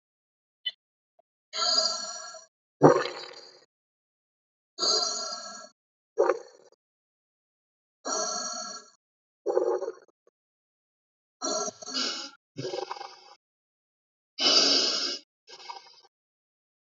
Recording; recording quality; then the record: deep breathing; excellent, no background noise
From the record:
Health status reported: exposed to COVID-19, no respiratory illness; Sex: male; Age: 26 years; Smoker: yes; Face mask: not worn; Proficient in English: yes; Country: India